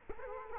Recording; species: mosquito wingbeat signal from an infrared sensor; Culex quinquefasciatus